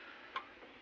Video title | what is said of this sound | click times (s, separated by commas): shantui dh 17 dozer ll shantui dozer ll shantui bulldozer | है और यह अभी अनलॉक हो गया है ना ये चीज को आपको ध्यान देना | 0.4 s